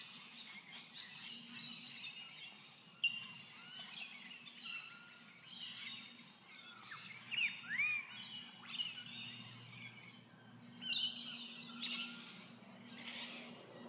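Bird chirping, scattered high tweets and a few whistled slurs, with a faint low hum throughout.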